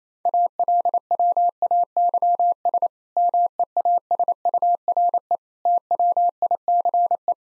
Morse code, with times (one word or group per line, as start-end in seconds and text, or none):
0.3-2.9 ALWAYS
3.2-5.4 MEASURE
5.7-7.3 TWICE